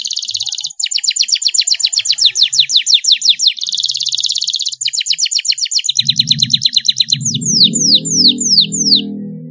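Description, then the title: Belgian canary song: rapid trilled phrases of repeated high notes, shifting between fast buzzy rolls and slower descending slurred whistles. Belgian canary song used to stimulate other canaries to sing. "Canto Para Esquentar Canário Belga. CUITAN KENARI MERANGSANG BUNYI KENARI PAUD. PANCINGAN KENARI AGAR GACOR"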